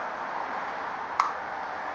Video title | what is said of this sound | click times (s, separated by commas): How to Change oil and filter on an Ecotec Cavalier | the new filter just clicks right on. You'll hear it. | 1.2 s